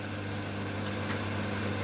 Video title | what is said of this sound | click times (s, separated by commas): Zanussi ZWD1480W Washing Machine Door Latch Replacement | and I presume that clunk you heard uh was the latch engaging | 1.1 s